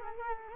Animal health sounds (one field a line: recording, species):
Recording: mosquito wingbeat signal from an infrared sensor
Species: Culex quinquefasciatus